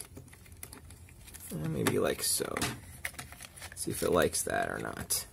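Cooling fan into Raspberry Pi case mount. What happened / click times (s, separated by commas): The fan is being handled and has not yet clicked into its mount / none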